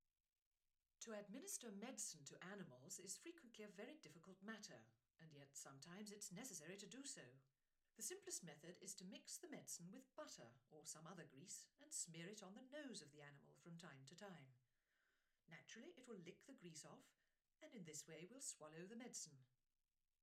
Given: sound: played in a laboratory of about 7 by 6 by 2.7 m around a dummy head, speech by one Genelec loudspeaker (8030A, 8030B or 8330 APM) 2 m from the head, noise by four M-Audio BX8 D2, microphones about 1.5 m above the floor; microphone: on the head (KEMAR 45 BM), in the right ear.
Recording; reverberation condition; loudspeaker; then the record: female speech in English; low; 90 degrees to the right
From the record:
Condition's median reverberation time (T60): about 310 ms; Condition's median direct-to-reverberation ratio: about 3.5 dB